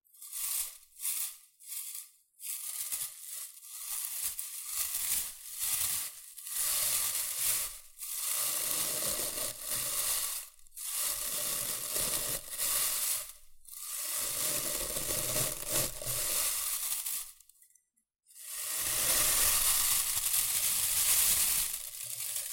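Shredded tissue and packing peanuts are rustled and crinkled, first in short separate bursts, then in longer, denser stretches broken by brief pauses. The crackle is bright and hissy. After a near-silent gap around eighteen seconds, a steady, continuous rustle runs to the end.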